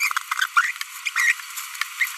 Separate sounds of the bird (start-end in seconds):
0.01-0.12, 0.57-0.71, 1.06-1.09, 1.16-1.32, 2.00-2.05